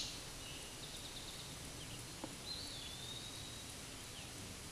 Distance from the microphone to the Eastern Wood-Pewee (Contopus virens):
about 55 m